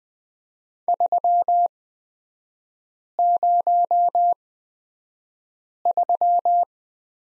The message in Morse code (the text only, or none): 303